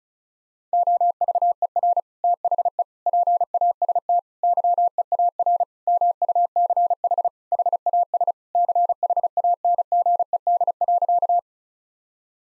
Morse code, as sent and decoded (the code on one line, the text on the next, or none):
--- ...- . .-. / - .... . / .--. .- ... - / -.-- . .- .-. / -- ..- -.-. .... / .... .- ... / -.-. .... .- -. --. . -.. .-.-.-
OVER THE PAST YEAR MUCH HAS CHANGED.